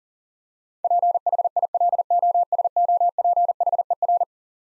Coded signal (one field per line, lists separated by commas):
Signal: Morse code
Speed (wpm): 40 wpm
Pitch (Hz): 700 Hz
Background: none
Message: PHILOSOPHER